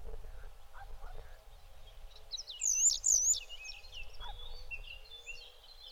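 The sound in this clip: Bird call, a shrill double note with a wavy contour heard once, along with softer twittering from other birds and a low rumble.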